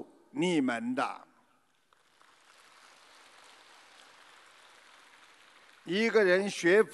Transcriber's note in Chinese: 掌声